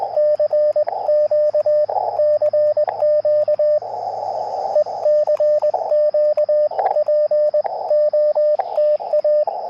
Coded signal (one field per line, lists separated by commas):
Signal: Morse code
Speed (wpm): 20 wpm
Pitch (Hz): 600 Hz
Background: radio noise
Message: CQ CQ E CQ POTA